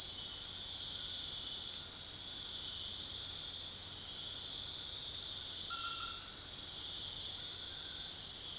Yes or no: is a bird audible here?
no